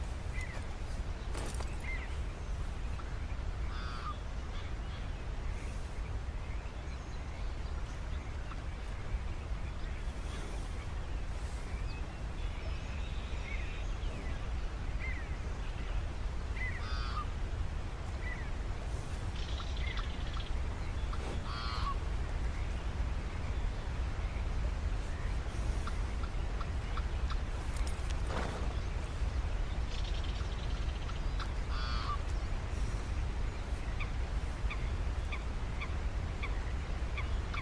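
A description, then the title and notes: Ambient wilderness sounds with a steady low rumble, like wind, running throughout. Short bird calls and chirps break through every few seconds, some in quick rising or falling bursts, with a few sharp clicks and knocks scattered around 10, 21 and 28 seconds. The ambient sounds of the wilderness, wildlife, and weather.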